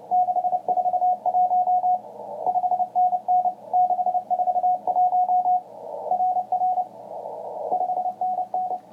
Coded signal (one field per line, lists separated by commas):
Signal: Morse code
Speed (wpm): 29 wpm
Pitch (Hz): 730 Hz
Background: radio noise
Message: 641 5NN 641 RR 5NN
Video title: The Mysteries of Radio